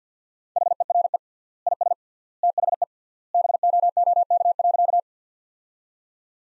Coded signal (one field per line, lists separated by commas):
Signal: Morse code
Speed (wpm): 50 wpm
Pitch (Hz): 700 Hz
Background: none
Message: HERE IS THE BOOK.